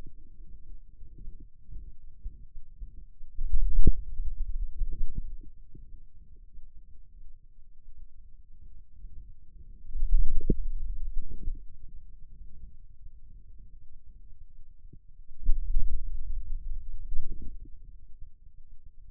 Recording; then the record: forearm muscle sounds (acoustic myography)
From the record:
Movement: hand closing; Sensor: system 2, bracelet of six BSWA MPA416 microphones around the upper forearm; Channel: 2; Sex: male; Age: 22 years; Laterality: right